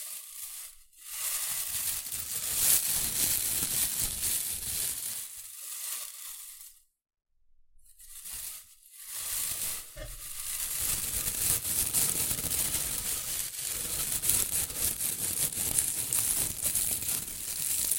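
Shredded tissue and packing peanuts rustle and crinkle in dense, crackling bursts, heavy in the bright top end with soft low thumps underneath. The handling runs nearly nonstop, pausing briefly near the one-second mark and falling silent around seven seconds before resuming more steadily.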